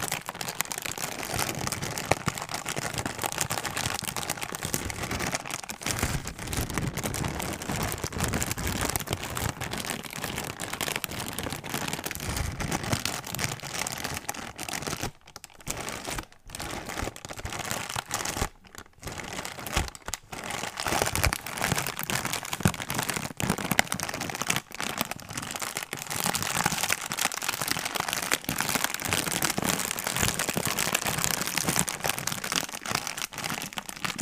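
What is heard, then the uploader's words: Plastic and bubble wrap are crinkled continuously, a dense stream of crackling and rustling that spans low thumps to bright, sharp snaps. The handling stays busy throughout, with brief pauses around 15 to 16 seconds and again near 19 seconds. Crinkle sounds (plastic, bubble wrap, no talking).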